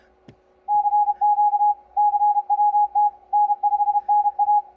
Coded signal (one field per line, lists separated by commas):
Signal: Morse code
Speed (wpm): 31 wpm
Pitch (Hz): 830 Hz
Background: none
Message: CQ CWT N5NA